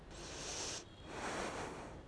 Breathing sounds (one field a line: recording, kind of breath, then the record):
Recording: one breath in and out by a microphone near the nose and mouth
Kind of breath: deep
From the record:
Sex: female